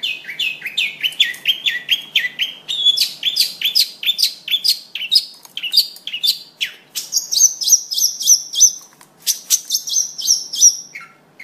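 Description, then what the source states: Long-tailed shrike song: a continuous, varied chatter of rapid notes that climbs into higher, sharper whistled phrases before ending in short chips. Combination song, the style named kicau kombinasi.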